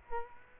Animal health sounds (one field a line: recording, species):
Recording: mosquito wingbeat signal from an infrared sensor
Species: Culex quinquefasciatus